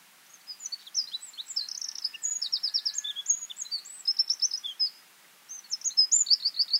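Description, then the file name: Eurasian wren song: a long, loud stream of high trills and twittering notes, a short pause, then another rapid trilled phrase. "Troglodytes troglodytes"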